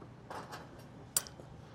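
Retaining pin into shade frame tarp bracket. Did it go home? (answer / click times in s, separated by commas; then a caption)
yes / 1.2 s. A metal retaining pin is pushed into the tarp bracket of a Strobel Super Shade frame to hold the tarp in place, with soft handling noises before one loud, sharp snap at 1.2 s and a faint tick just after. The pin seats, locking the tarp in place for the year.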